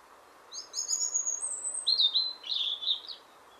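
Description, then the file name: European robin singing a thin, high warbling phrase: drawn-out whistled notes sliding from very high to slightly lower, then a rippling, twittering run before stopping. "Erithacus rubecula"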